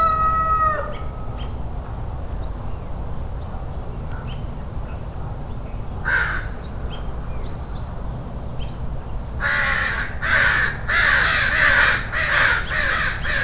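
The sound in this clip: Crow calls: a single harsh caw midway, then a rapid series of loud rasping caws in the final seconds, with faint chirps and low rumble.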